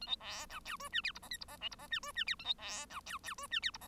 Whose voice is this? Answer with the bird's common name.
Bengalese Finch